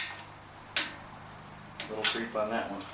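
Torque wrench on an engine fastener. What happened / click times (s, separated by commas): The torque wrench clicked at its setting / 0.8 s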